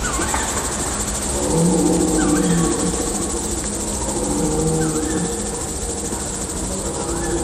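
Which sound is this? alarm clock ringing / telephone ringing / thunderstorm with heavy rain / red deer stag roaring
red deer stag roaring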